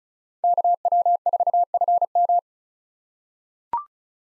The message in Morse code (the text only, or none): KW4FM